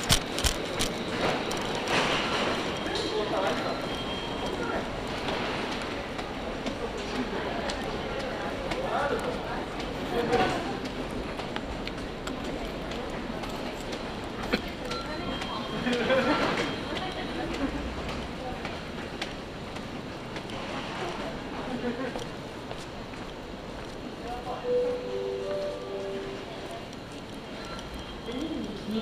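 Riding the Izu-Hakone Railway and Tokaido Line trains, a steady rumble of the moving carriage fills the whole stretch. Voices murmur throughout with a few louder swells, brief clicks and knocks come now and then, and a short tonal chime sounds near the end.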